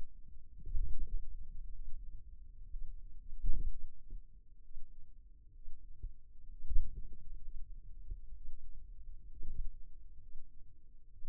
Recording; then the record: forearm muscle sounds (acoustic myography)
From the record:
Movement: finger pinch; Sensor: system 2, bracelet of six BSWA MPA416 microphones around the upper forearm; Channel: 5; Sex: male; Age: 22 years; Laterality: right